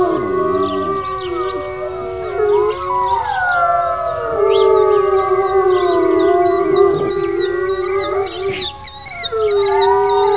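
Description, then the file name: Grey wolf: grey wolves howling in chorus, several overlapping long tonal howls sliding up and down at different pitches, some steady and some wavering, sustained throughout. "Chorus howling with Koshie and East Lake wolves"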